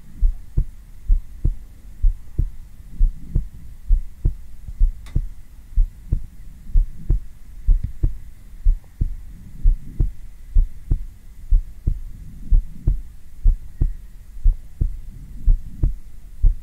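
A calm, steady heartbeat heard close up on bare skin, picked up with a black 3Dio binaural microphone for ASMR.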